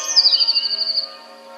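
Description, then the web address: Eurasian blue tit song: a thin high note sliding down into a quick, even trill. "wroblowe teka spiew 1. wroblowe teka modraszkoteka"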